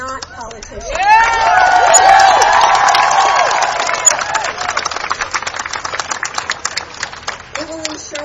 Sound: cheers, applause